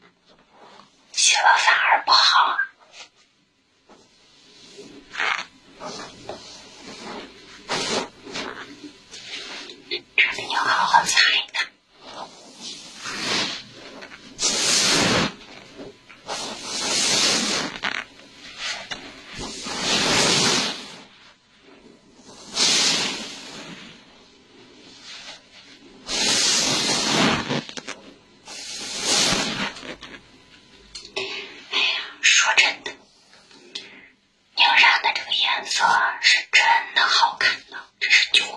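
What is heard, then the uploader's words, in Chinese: Hair is gently combed, then lathered with foam while the scalp is massaged. Soft brushing and rubbing strokes repeat in irregular bursts, with brighter hissing sweeps around 15 to 30 seconds. Quiet breathy, whisper-like sounds run between them, and a denser rustle starts near 35 seconds. 模拟话痨头发护理师·轻轻的梳头打泡沫按摩头皮·耳语人声。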